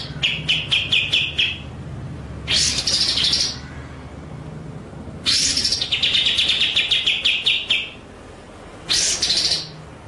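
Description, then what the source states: White-rumped shama song: a fast stutter of notes, then three loud, dense bursts of rich warbling, separated by quiet pauses. Masteran (training) track of full 'ngerol' and 'nembak' song styles.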